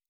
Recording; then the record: hydrophone in a shrimp aquaculture tank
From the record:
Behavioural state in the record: normal